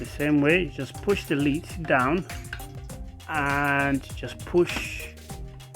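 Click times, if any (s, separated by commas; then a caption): 2.5 s. Someone talks while the plastic dust bin lid of a Dyson V11 Absolute cordless vacuum is pushed down onto the bin, with music playing underneath. The lid snaps shut with a sharp click at 2.5 s, latching securely in place.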